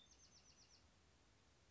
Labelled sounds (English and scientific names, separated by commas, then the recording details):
Bewick's Wren (Thryomanes bewickii)
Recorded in Sonoma County, California